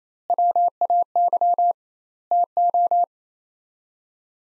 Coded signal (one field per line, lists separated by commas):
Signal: Morse code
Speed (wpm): 28 wpm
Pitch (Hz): 700 Hz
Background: none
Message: WAY TO